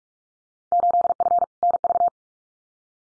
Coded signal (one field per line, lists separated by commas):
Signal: Morse code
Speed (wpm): 44 wpm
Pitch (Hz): 700 Hz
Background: none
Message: 8F NV